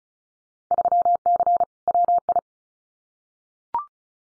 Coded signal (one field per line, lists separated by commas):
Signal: Morse code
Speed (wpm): 34 wpm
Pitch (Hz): 700 Hz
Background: none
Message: 3C WI